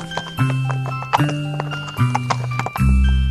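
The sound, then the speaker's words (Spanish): A horse's hooves clip-clop in a slow, steady rhythm as it returns home alone, about four heavy steps, with a low droning tone underneath and a deeper thud at the end. “Y cuando al fin consiguió alcanzarlo, estaba tan agotado que se durmió encima de él, y el caballo regresó solo a casa, al cabo de unos días.”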